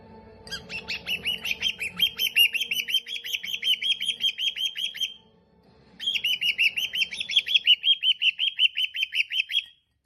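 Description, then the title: Cockatiel chattering in two long bursts of rapid, buzzy repeated notes, separated by a brief pause; a faint hum sits underneath. Several cockatiels singing, whistling. "Calopsitas Cantando Assobio"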